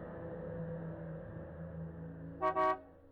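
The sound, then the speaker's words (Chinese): A steady low engine rumble runs throughout, then near the end a car horn at the entrance of a village cuts in with a quick, bright double honk, the second blast slightly longer than the first. “就在这个时候，寨子口传来了汽车喇叭的声音，三声响得又亮又长”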